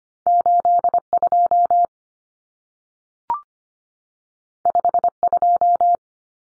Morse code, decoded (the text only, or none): 82 52